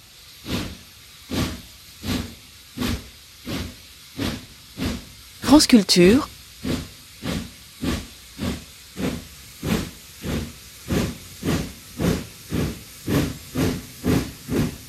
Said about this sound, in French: le paysan dans son champ. Au milieu du 19e siècle, soudain, voit passer une locomotive à vapeur.